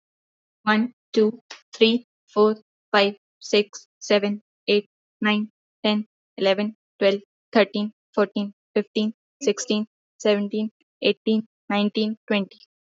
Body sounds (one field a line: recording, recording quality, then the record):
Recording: counting at a normal pace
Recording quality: excellent, no background noise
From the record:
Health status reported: healthy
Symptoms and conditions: none ticked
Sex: female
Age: 20 years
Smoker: not ticked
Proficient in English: yes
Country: India